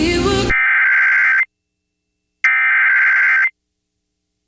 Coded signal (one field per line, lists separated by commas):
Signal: Emergency Alert System (SAME) tones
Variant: header bursts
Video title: EAS Alerts from July 9th, 2025 [EAS #2,291-2,324]